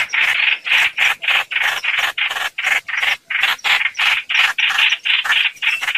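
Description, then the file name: Bird giving harsh, buzzy chattering notes in quick bursts, about three per second, steady and insistent throughout with brief gaps between. "Tieng chim hoanh hoach"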